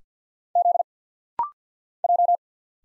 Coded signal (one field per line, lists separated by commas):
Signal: Morse code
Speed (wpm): 51 wpm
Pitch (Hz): 700 Hz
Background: none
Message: Z J